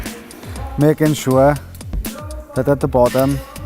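A wand end set is being handled over the last runner at the bottom of a classic wide vertical wand-operated blind headrail as someone talks throughout, with a few brief faint ticks. Nothing has clicked or seated yet.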